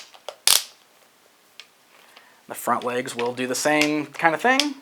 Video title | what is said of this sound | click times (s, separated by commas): Mattel Voltron Classics Yellow Lion and Hunk Figure Review | Then the same thing with all of the legs. You just kind of fold those up and they lock in place. | 0.5 s